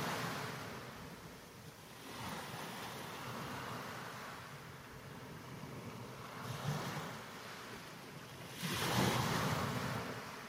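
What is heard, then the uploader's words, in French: Mediterranean surf washes in continuous waves, a dense rushing hiss that swells and recedes. Surges build around two, six and a half, and nine seconds, the last the loudest and closest. A steady low rumble and some wind buffeting run underneath. Vagues en méditerranée. Ressac de la mer méditerranée.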